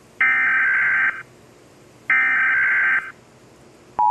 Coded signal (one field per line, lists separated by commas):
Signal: Emergency Alert System (SAME) tones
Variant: header bursts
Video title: Eas scenario : CHLOE Guevara (@sillykendra123 )